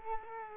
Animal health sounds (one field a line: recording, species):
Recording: mosquito wingbeat signal from an infrared sensor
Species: Culex quinquefasciatus